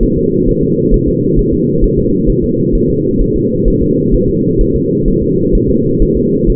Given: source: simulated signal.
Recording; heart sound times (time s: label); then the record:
fetal heart sounds
0.03 s: S1
0.18 s: S2
0.49 s: S1
0.63 s: S2
0.94 s: S1
1.08 s: S2
1.39 s: S1
1.53 s: S2
1.84 s: S1
1.99 s: S2
2.30 s: S1
2.44 s: S2
2.75 s: S1
2.90 s: S2
3.21 s: S1
3.36 s: S2
3.68 s: S1
3.82 s: S2
4.14 s: S1
4.29 s: S2
4.61 s: S1
4.76 s: S2
5.08 s: S1
5.23 s: S2
5.55 s: S1
5.70 s: S2
6.02 s: S1
6.17 s: S2
6.50 s: S1
From the record:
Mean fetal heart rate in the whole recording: 130 bpm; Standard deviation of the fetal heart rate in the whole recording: 4 bpm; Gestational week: 38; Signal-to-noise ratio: -11.2 dB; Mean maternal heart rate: 72 bpm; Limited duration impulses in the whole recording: present